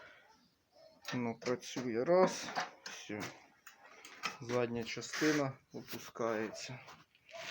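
The rear section of a home-made metal folding (break-action) mechanism on a walk-behind tractor attachment is being lowered toward its hook latch while someone talks. A few faint knocks sound under the speech, but the latch has not engaged and nothing has seated or clicked yet.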